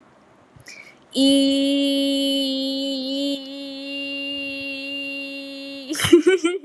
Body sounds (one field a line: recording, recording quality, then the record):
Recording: sustained vowel as in beet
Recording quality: moderate, slight background noise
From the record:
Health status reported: exposed to COVID-19, no respiratory illness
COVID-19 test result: negative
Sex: female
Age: 23 years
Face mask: not worn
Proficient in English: yes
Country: India